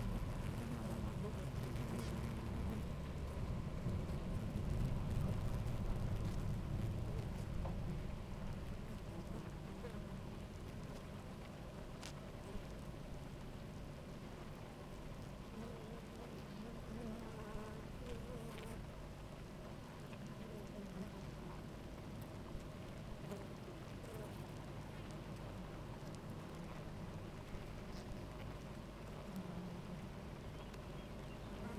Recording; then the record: honeybee colony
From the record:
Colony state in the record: active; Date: 28 July 2017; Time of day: 11:05